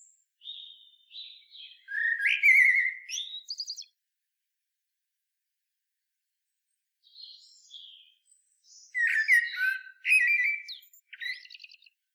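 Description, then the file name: Common blackbird delivering two warbled song phrases several seconds apart, each mellow and fluty at first, then finishing with a scratchy, high-pitched twitter. "Turdus merula"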